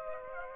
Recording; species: mosquito wingbeat signal from an infrared sensor; Aedes aegypti